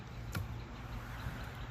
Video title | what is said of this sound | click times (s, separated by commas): Jeep Grand Cherokee Front Wiper Blade Replacement Change 2021 and Others Similar | and I'm going to push it up, and it's going to hear it snap. | 0.3 s